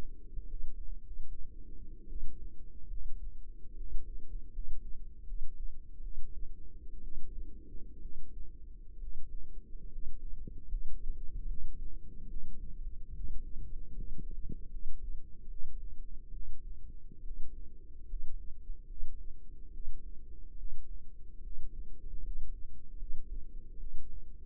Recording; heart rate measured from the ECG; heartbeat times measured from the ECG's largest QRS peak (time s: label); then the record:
heart sounds by microphone in the right ear; 72 bpm
0.45 s: heartbeat
0.99 s: heartbeat
2.06 s: heartbeat
2.87 s: heartbeat
3.74 s: heartbeat
4.50 s: heartbeat
5.24 s: heartbeat
6.00 s: heartbeat
7.01 s: heartbeat
7.99 s: heartbeat
8.97 s: heartbeat
9.87 s: heartbeat
10.66 s: heartbeat
11.45 s: heartbeat
12.26 s: heartbeat
13.11 s: heartbeat
13.92 s: heartbeat
14.68 s: heartbeat
15.47 s: heartbeat
16.31 s: heartbeat
17.21 s: heartbeat
18.05 s: heartbeat
18.85 s: heartbeat
19.69 s: heartbeat
20.54 s: heartbeat
21.40 s: heartbeat
22.20 s: heartbeat
22.95 s: heartbeat
23.77 s: heartbeat
From the record:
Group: healthy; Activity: rest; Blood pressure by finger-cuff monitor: 141/78 mmHg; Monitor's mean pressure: 98 mmHg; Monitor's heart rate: 73 bpm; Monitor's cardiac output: 6.3 L/min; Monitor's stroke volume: 87 mL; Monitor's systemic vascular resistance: 1090 dyn s/cm5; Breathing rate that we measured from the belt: 15 breaths a minute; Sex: female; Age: 22 years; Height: 171 cm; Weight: 65.6 kg